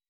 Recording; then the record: hydrophone in a shrimp aquaculture tank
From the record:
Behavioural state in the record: weakened